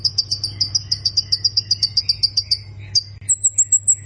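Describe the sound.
Plain prinia song, rapid high repeated notes for about two and a half seconds, then a short run of higher thin whistled notes; low hum beneath.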